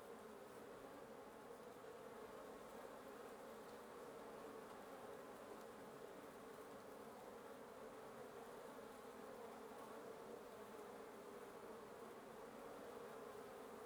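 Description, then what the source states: Wasps droning together in a constant layered hum, individual wingbeats blending into an even buzz for the whole stretch. Wasp nest under the roof of the recordist's residence at 1a Avenida Norte 19, Antigua Guatemala, Guatemala; recorded in the morning.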